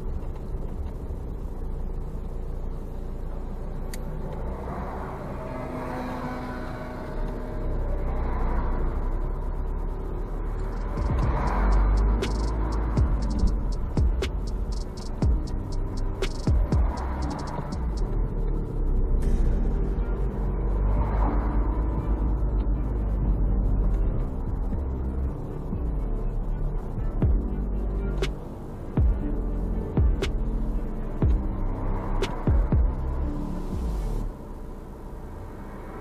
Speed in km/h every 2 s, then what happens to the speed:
9, 0, 0, 0, 0, 1, 13, 8, 1, 2, 5, 13, 10, 2, 1, 1, 1, 1.
0-2 brakes to 0. 2-10 standing. 10-12 pulls away to 13. 12-16 slows to 1. 16-18 standing. 18-22 pulls away to 13. 22-26 slows to 2. 26-36 standing.